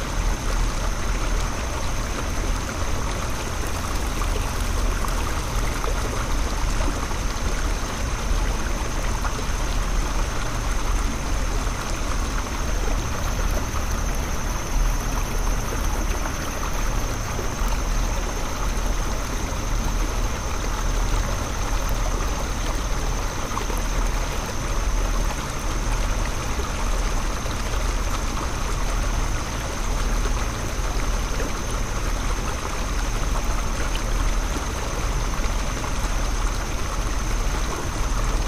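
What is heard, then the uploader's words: Rain drizzles steadily beside a running stream, a dense, even wash of water that holds the same level for the whole stretch. A low rumble like an idling engine sits underneath, and a thin high whine runs constantly above. Idling Next to Stony Run, On a Rainy Friday Morning. Standing and thinking next to Stony Run, Baltimore, Maryland. It was a morning of drizzling rain, raindrops hitting the recorder.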